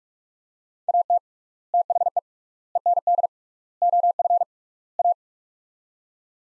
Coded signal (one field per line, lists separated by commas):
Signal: Morse code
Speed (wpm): 42 wpm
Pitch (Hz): 700 Hz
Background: none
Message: AT THE END OF A